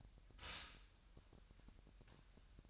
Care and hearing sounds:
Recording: daily activity, microphone in the room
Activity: stop toaster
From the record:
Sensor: 2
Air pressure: 1001.9 hPa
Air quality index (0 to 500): 247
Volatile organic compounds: 39 ppm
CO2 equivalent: 3124 ppm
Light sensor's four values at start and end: 9/30/12/11 and 9/30/12/11

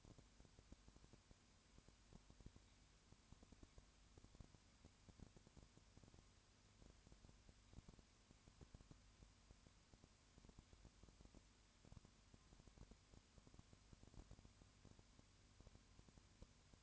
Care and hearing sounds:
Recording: daily activity, microphone in the room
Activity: no activity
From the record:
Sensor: 2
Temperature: 20.3 degrees Celsius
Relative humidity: 35.6%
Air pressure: 1001.0 hPa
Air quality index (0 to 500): 197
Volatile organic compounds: 5 ppm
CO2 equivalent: 1733 ppm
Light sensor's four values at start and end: 2/3/2/2 and 2/3/2/2

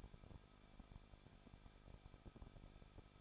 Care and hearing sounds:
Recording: daily activity, microphone in the room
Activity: no activity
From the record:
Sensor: 5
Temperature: 20.9 degrees Celsius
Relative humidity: 38.1%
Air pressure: 1006.5 hPa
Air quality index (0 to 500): 187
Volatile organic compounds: 18 ppm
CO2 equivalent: 2620 ppm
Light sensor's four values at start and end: 2/3/1/1 and 2/3/1/1

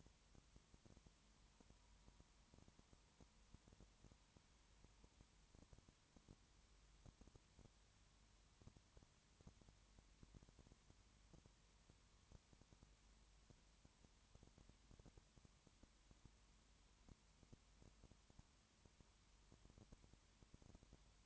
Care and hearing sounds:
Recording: daily activity, microphone in the room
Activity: no activity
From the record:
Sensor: 3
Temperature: 21.1 degrees Celsius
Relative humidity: 37.0%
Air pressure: 1010.6 hPa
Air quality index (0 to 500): 204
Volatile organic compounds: 31 ppm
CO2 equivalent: 2979 ppm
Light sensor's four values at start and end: 2/3/2/2 and 2/3/2/2

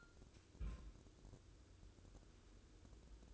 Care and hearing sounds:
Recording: daily activity, microphone in the room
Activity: place on stove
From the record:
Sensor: 2

